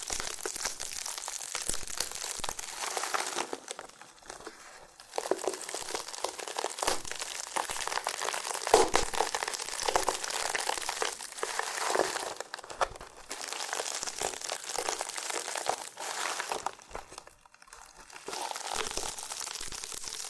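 Dense crinkly scratching and peeling of a loofah in bursts, with brief quieter pauses near 4, 12, 17 seconds and scattered sharp pops.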